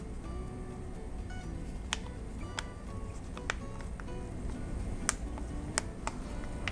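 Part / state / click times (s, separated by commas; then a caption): metal back cover onto music player housing / seated / 1.9 s, 2.6 s, 3.5 s, 5.1 s, 5.8 s, 6.7 s. Pressing firmly around the edges of the metal back cover of an iPod Classic, refitting it onto the music player housing after a battery replacement, gives a series of sharp snap clicks at 1.9, 2.6, 3.5, 5.1, 5.8 and 6.7 seconds as the clips engage. Faint music plays steadily in the background. The cover's clips snap in and the back cover is seated.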